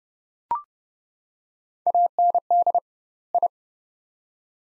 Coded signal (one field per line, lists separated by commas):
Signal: Morse code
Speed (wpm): 29 wpm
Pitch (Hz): 700 Hz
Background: none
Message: AND I